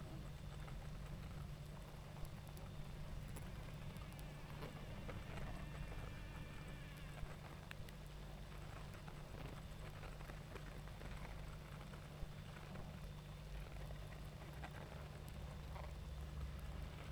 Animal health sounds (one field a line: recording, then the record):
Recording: honeybee colony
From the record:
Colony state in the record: active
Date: 28 July 2017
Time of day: 19:40